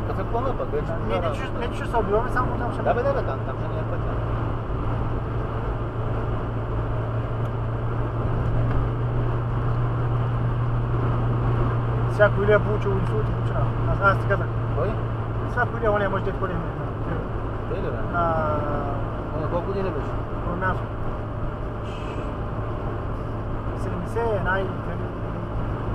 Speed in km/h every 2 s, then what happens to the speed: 102, 106, 108, 109, 110, 115, 112, 108, 105, 105, 104, 103, 103.
0-9 speeds up to 115. 16-26 steady at about 104.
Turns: none.